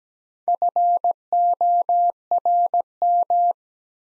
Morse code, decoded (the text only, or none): FORM